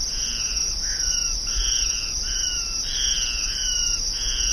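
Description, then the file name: Ocellated crake delivering a run of short slurred notes, somewhat irregular in spacing, under a persistent high insect drone. "Micropygiaschomburgkii"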